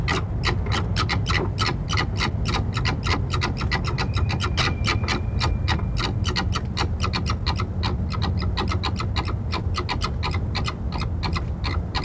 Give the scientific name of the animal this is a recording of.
Vulpes corsac